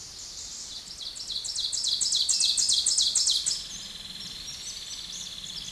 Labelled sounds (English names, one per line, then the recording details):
Ovenbird song
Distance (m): 10 m
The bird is about 5 m above the microphone
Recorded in a Pennsylvania forest on 16 May 2024 at 07:04
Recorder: AudioMoth, point MSD-0475
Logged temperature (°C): 12.3 °C
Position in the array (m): 146 m, 7 m